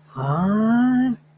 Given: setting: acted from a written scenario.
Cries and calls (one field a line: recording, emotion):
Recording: vocal sound without words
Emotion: confusion